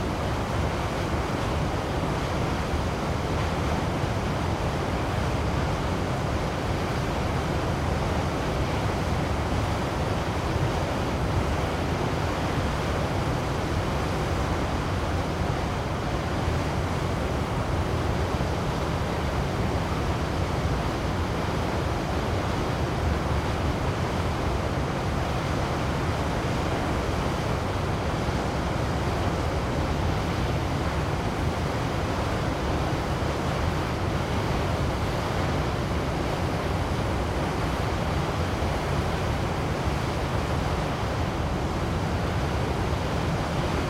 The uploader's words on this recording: Goðafoss Waterfall, Iceland. Recorded by Marcel Gnauk.